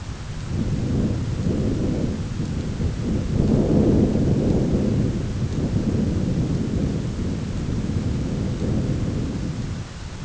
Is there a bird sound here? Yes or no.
no